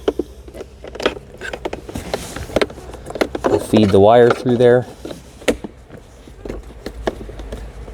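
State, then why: Seated. A 3D-printed plastic faceplate holding a panel-mount USB port is pressed into the dashboard opening where the old USB hub was in a Ford Focus Electric during a Sync 3 upgrade, after its wire is fed through. Amid handling taps and someone talking, sharp snaps are heard at 5.5 s and 7.1 s. The faceplate is snapped in and secure.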